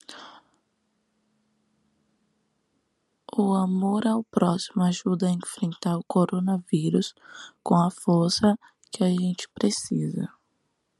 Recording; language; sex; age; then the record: spoken sentence; Brazilian Portuguese; female; 20 to 29 years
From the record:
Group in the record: control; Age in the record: 22 years